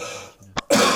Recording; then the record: coughing mixed with background sound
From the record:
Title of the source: Cough Around the Clock!